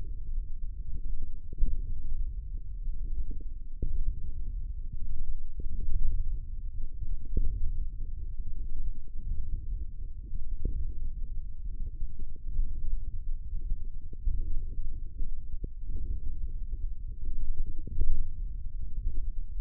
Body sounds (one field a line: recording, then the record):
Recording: forearm muscle sounds (acoustic myography)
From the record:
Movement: radial deviation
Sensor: system 1, eight BSWA MPA416 microphones around the upper forearm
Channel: 6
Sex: male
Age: 20 years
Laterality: left